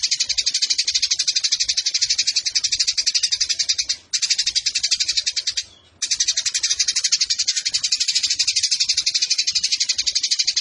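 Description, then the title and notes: Eurasian tree sparrow giving rapid, scratchy chattering in long runs, separated by two brief silences, the pace staying quick and even. Fighting sparrow with long rapid-fire 'nembak panjang' delivery and clear voice, used to train birds for song competitions. "GEREJA TARUNG NEMBAK PANJANG SUARA JERNIH MASTERAN WAJIB BURUNG LOMBA. Burung Gereja"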